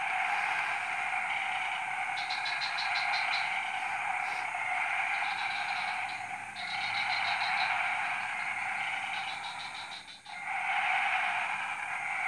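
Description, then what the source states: Frog chorus, a dense continuous droning hum with bursts of fast rattling pulse trains that come and go, and a couple of brief dips in the sound. Frog chorus recorded at 03:00 on Tuesday 14 February 2017 at Jalan Kolonel Sugiono No. 9, Kuala Kapuas, Central Kalimantan, Indonesia.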